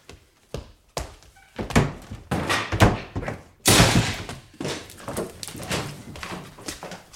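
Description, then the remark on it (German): Heavy thuds and bangs strike repeatedly against a door as police break it open, building to a loud crashing burst as it gives way, followed by scattered knocks and scuffling. A dog faintly whimpers among the impacts. “Wenn Sie jetzt nicht aufmachen, brechen wir die Tür auf!”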